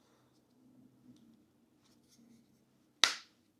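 A fixed-blade knife is pushed into its sheath, which needs breaking in. Quiet low rumble and faint rustling come before a sharp, loud click at 3.0 s, and the knife seats in the sheath.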